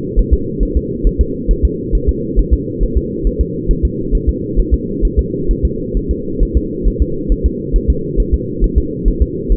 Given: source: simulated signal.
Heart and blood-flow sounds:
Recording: fetal heart sounds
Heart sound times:
0.19 s: S1
0.34 s: S2
0.63 s: S1
0.77 s: S2
1.07 s: S1
1.21 s: S2
1.51 s: S1
1.65 s: S2
1.95 s: S1
2.09 s: S2
2.39 s: S1
2.53 s: S2
2.83 s: S1
2.98 s: S2
3.27 s: S1
3.41 s: S2
3.71 s: S1
3.85 s: S2
4.15 s: S1
4.29 s: S2
4.59 s: S1
4.74 s: S2
5.05 s: S1
5.19 s: S2
5.51 s: S1
5.65 s: S2
5.97 s: S1
6.11 s: S2
6.43 s: S1
6.57 s: S2
6.88 s: S1
7.02 s: S2
7.32 s: S1
7.46 s: S2
7.76 s: S1
7.90 s: S2
8.20 s: S1
8.34 s: S2
8.64 s: S1
8.78 s: S2
9.08 s: S1
9.22 s: S2
9.52 s: S1
From the record:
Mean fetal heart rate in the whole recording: 135 bpm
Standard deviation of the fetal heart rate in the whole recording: 3 bpm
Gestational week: 36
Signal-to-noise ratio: -6.6 dB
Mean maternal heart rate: 72 bpm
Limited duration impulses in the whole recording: present

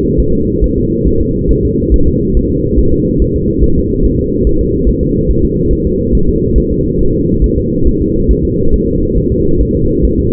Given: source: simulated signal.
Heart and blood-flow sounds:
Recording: fetal heart sounds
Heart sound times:
0.20 s: S1
0.34 s: S2
0.64 s: S1
0.78 s: S2
1.07 s: S1
1.22 s: S2
1.51 s: S1
1.65 s: S2
1.94 s: S1
2.08 s: S2
2.37 s: S1
2.51 s: S2
2.79 s: S1
2.94 s: S2
3.22 s: S1
3.36 s: S2
3.64 s: S1
3.78 s: S2
4.05 s: S1
4.19 s: S2
4.47 s: S1
4.61 s: S2
4.89 s: S1
5.03 s: S2
5.30 s: S1
5.45 s: S2
5.73 s: S1
5.87 s: S2
6.15 s: S1
6.29 s: S2
6.58 s: S1
6.72 s: S2
7.01 s: S1
7.15 s: S2
7.44 s: S1
7.58 s: S2
7.88 s: S1
8.01 s: S2
8.31 s: S1
8.45 s: S2
8.74 s: S1
8.88 s: S2
9.18 s: S1
9.32 s: S2
9.61 s: S1
9.75 s: S2
10.05 s: S1
10.19 s: S2
From the record:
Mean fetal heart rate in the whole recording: 140 bpm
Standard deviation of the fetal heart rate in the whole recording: 2 bpm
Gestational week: 34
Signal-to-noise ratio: -16.4 dB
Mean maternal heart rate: 72 bpm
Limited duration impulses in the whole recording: present

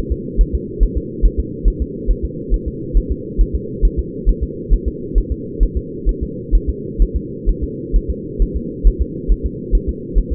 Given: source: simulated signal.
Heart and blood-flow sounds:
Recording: fetal heart sounds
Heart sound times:
0.12 s: S2
0.41 s: S1
0.55 s: S2
0.83 s: S1
0.97 s: S2
1.25 s: S1
1.40 s: S2
1.68 s: S1
1.82 s: S2
2.11 s: S1
2.25 s: S2
2.54 s: S1
2.68 s: S2
2.97 s: S1
3.12 s: S2
3.41 s: S1
3.55 s: S2
3.85 s: S1
3.99 s: S2
4.29 s: S1
4.43 s: S2
4.74 s: S1
4.88 s: S2
5.18 s: S1
5.32 s: S2
5.63 s: S1
5.77 s: S2
6.09 s: S1
6.23 s: S2
6.55 s: S1
6.69 s: S2
7.02 s: S1
7.16 s: S2
7.49 s: S1
7.64 s: S2
7.96 s: S1
8.10 s: S2
8.42 s: S1
8.56 s: S2
8.87 s: S1
9.02 s: S2
9.32 s: S1
9.46 s: S2
9.75 s: S1
9.89 s: S2
10.18 s: S1
10.33 s: S2
From the record:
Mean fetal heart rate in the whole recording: 135 bpm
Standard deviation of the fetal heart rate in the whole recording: 3 bpm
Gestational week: 36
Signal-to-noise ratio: -4.1 dB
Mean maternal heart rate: no maternal heart sound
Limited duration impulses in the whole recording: absent

